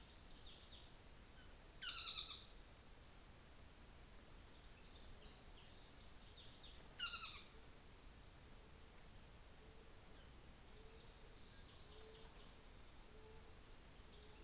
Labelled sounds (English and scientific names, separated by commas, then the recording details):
New Zealand Fantail (Rhipidura fuliginosa), North Island Saddleback (Philesturnus rufusater)
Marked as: faintness 4/5, faintness 2/5, faintness 5/5
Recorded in New Zealand on 24 December 2018
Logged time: 15:45